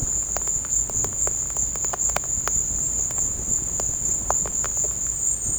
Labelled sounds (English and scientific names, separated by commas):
none